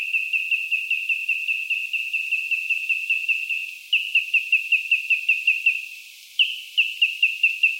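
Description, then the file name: Bird repeating fast trains of crisp, same-pitched notes, long runs broken by two short pauses. Australian bird. "BIRD AUS BIRD 06 CALL 01"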